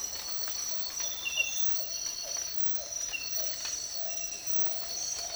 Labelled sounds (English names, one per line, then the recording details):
none
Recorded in dense forest near Puerto Asís, Putumayo, Colombia, on 19 March 2025 at 06:00
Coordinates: 0.503, -76.323
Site GP09